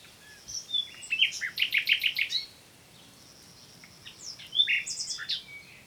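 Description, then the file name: Common nightingale song of rapid, loud chirped notes in quick succession, a brief pause, then another burst of sharp whistles and chirps. "Luscinia megarhynchos"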